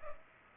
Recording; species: mosquito wingbeat signal from an infrared sensor; Culex pipiens